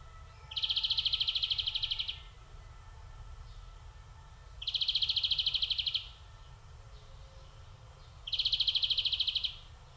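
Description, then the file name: European greenfinch wheezing: three long, even, buzzy notes, each lasting over a second and repeated roughly every four seconds, against a quiet low rumble. "Chloris chloris"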